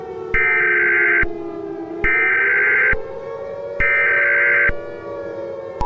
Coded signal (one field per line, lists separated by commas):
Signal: Emergency Alert System (SAME) tones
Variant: header bursts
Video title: EAS Scenario #12: Scorpius Rex Rampage